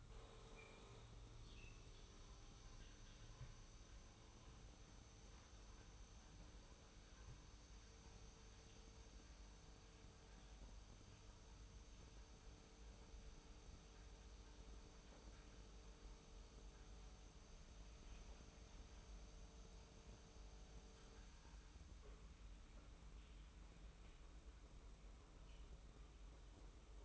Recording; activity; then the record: daily activity, microphone in the room; make coffee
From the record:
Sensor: 1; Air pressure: 990.8 hPa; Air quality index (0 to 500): 140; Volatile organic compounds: 698 ppm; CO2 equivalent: 5041 ppm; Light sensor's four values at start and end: 21/51/21/23 and 21/50/21/23